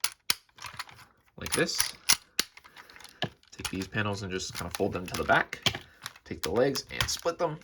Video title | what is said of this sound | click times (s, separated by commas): Miniforce Super Cops JUSTICE TITAN | will fold up and clip into place | 0.3 s